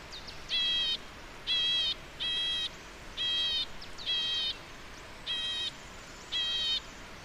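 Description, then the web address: White-cheeked nuthatch calling repeatedly, a nasal buzzy note with stacked harmonics given roughly once a second, seven calls in a steady series over faint background hiss. "White cheeked Nuthatch Sitta leucopsis. white cheeked nuthatch call"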